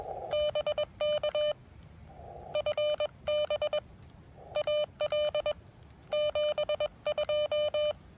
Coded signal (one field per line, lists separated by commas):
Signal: Morse code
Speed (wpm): 21 wpm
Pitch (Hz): 600 Hz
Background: none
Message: BK FB AL 72